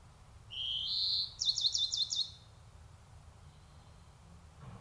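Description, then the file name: European greenfinch giving a single rising wheezy note followed by a short burst of quick chirps. "Chloris chloris"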